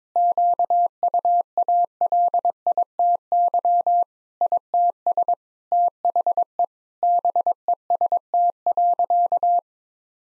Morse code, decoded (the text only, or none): QUALITY ITS THE BEST.